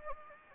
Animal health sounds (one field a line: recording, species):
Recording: mosquito wingbeat signal from an infrared sensor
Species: Anopheles gambiae